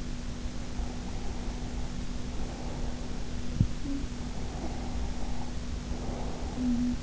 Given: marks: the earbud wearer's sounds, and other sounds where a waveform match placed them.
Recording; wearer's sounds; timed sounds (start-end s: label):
sounds in sleep by an in-ear microphone; breath, talking in sleep
0.68-3.32 s: breath
3.32-4.20 s: talking in sleep
4.20-7.03 s: breath
6.43-7.03 s: talking in sleep